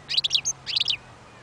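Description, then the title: European goldfinch twittering, two quick bursts of liquid chirping notes in a second, then quiet. Wild bird. "اجمل غناءالحسون الخلويchant chardonneret sauvage"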